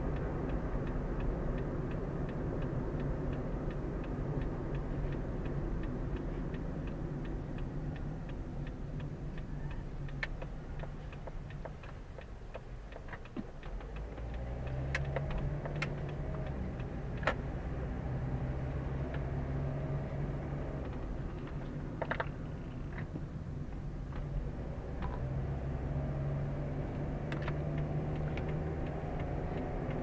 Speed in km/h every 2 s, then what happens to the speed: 44, 40, 36, 29, 20, 13, 5, 13, 19, 24, 28, 19, 19, 27, 33.
0-12 slows to 5. 12-19 speeds up to 28. 24-30 speeds up to 33.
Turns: 12-18.